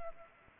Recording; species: mosquito wingbeat signal from an infrared sensor; Aedes aegypti